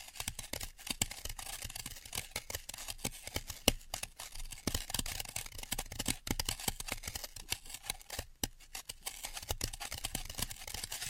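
Floral foam being tapped, cut and crushed in dense, irregular crisp clicks and crackles, with a steady soft hiss throughout and occasional sharper snaps.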